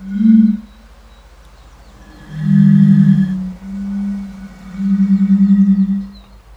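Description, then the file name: European fire-bellied toad calls: deep, mellow, slightly pulsing hoots, one short note followed after a pause by longer overlapping tones from more than one toad. "henrik olsson anders dahl bombina bombina"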